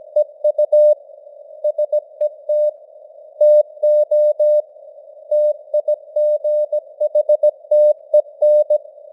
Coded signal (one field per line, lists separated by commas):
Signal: Morse code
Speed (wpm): 17 wpm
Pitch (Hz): 600 Hz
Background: none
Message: EU SET TO TIGHTEN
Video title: Morse Code News | 2025-10-07 | 17wpm